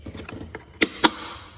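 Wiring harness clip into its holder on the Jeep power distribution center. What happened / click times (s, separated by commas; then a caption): The plastic harness clip snapped into its holder / 0.8 s, 1.0 s. After an auxiliary battery swap in a Jeep, a plastic wiring harness clip is pressed back into its slot on the power distribution center. Faint soft ticks lead up to two sharp, bright plastic snaps at 0.8 s and 1.1 s, and the clip seats in place.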